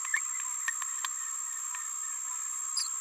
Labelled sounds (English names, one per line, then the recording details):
Green-rumped Parrotlet babbling
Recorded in a nest box in Venezuela
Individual 18B17A4